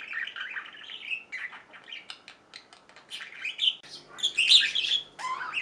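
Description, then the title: Budgerigar warbling chatter, rapid soft twitters building to a louder burst of buzzy high notes. "Budgie Sounds"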